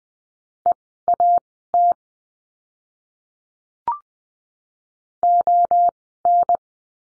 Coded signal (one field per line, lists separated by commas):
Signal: Morse code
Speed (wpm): 20 wpm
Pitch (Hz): 700 Hz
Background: none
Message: EAT ON